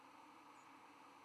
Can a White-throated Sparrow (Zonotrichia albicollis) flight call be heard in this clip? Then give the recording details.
no. Another species' flight call is heard. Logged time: 07:09 on 11 November 2014